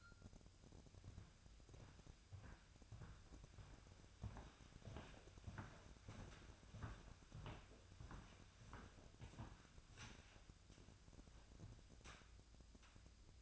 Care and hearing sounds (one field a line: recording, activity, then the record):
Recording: daily activity, microphone in the room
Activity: walk to room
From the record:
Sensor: 2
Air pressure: 999.8 hPa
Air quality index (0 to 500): 123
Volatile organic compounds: 2 ppm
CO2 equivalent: 1059 ppm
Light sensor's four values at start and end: 34/81/36/40 and 32/76/34/38